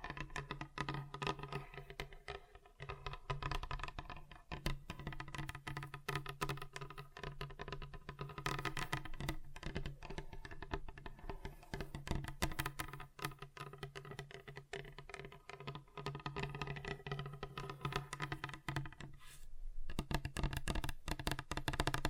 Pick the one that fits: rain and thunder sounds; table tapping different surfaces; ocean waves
table tapping different surfaces